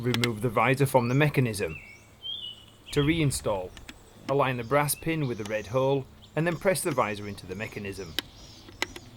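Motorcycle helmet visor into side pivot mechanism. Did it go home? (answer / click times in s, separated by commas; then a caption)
yes / 8.8 s. Someone talks while reinstalling an Arai motorcycle helmet visor into its side pivot mechanism, aligning the brass pin with the red hole and pressing the visor into the mechanism. The visor is then flipped down and locks into place with a sharp plastic click at 8.8 s, followed by a fainter tick at 9.0 s.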